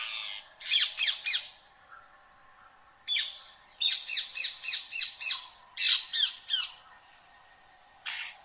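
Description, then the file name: Rose-ringed parakeet uttering short bursts of harsh, descending screeches separated by brief pauses. "Canto do periquito indiano"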